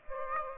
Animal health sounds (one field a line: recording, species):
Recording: mosquito wingbeat signal from an infrared sensor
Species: Aedes aegypti